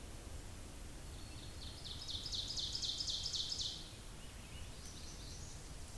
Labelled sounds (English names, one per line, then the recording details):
Ovenbird song
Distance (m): 65 m
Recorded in boreal forest in Alberta, Canada, on 26 May 2016 at 07:48
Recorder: SongMeter 3, array SBT-3-15
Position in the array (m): 53 m, 221 m
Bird 20